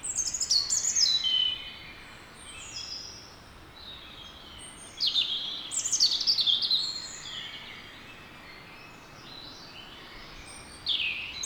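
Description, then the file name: European robin song: thin, high, warbling phrases with sliding whistles and trills, bursts near the start, middle and end, separated by pauses. "Erithacus rubecula"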